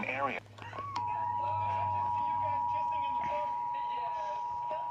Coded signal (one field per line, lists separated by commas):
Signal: Emergency Alert System (SAME) tones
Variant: 853 and 960 Hz attention tone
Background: speech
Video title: Oklahoma meets Massachusetts| EAS Alerts from 4/26/25